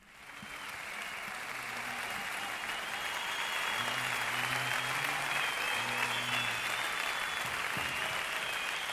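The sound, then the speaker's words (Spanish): A crowd applauds steadily for about nine seconds, the clapping rising quickly and holding loud, with whistling and some low, sustained tones mixed into the dense noise. “No, quieren aplausos”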